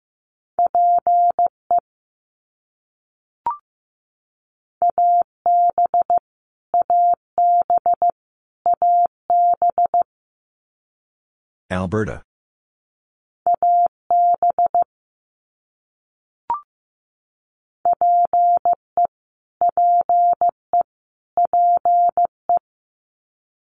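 Morse code beeps out as a steady mid-pitched tone, keyed in quick clusters of short and long pulses separated by brief gaps. Around the twelfth second a short burst of crackly noise interrupts, and two faint clicks appear near seconds three and sixteen.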